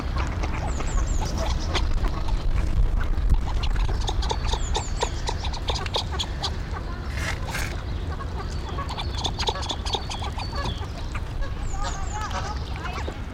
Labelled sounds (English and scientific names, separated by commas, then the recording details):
Red Shoveler (Anas platalea) call
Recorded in captivity
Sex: pair
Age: adult
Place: Zoo Berlin, Berlin, DE
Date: 1993-03-06
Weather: 3-6°C, heiter bis wolkig
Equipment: Marantz CP 430, Sennheiser ME 80, Kopie Uher Variocord 263
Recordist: Tembrock, Günter